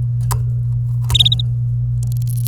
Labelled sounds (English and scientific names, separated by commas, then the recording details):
Domestic Canary (Serinus canaria) song
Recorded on 24 April 2018 at 07:26
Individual llb3